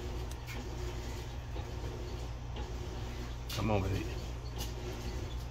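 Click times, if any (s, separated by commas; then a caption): none. Someone turns a spring-loaded retaining part in the frame of a Kimber M1911 pistol with an Allen key, trying to make it catch in place, and talks throughout over a steady low hum. A short tap sounds at 0.3 s, and a brief rising, sweeping sound is heard around 3.5 to 4.0 s. The part does not catch and springs back out, so nothing has seated or clicked yet, possibly because the Allen key is the wrong size.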